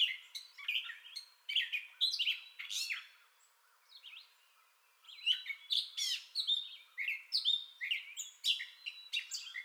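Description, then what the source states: Gray catbird song: a rambling run of varied squeaky, scratchy and mewing notes, jumbled and high-pitched, with a brief pause near the middle before the phrases resume. Entire song bout recorded 2021-05-30.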